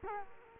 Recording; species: mosquito wingbeat signal from an infrared sensor; Culex quinquefasciatus